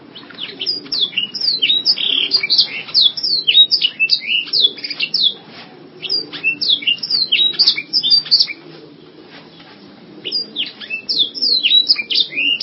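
Canary singing long bursts of fast, high twittering phrases with swooping notes, pausing briefly in the later part before resuming.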